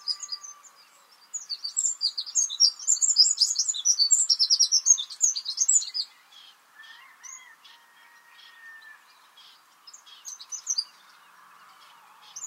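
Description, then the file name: Eurasian wren song: a rapid, loud outpouring of high, sharp twittering notes and trills for about five seconds, then quiet with a few faint scattered chirps. "Troglodytes troglodytes"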